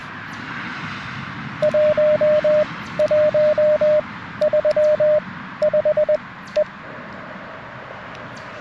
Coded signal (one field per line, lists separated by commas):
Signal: Morse code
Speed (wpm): 21 wpm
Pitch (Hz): 610 Hz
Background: radio noise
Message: 1 1 3 5 E